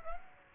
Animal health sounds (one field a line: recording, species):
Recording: mosquito wingbeat signal from an infrared sensor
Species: Aedes aegypti